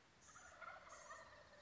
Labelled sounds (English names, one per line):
Wild Turkey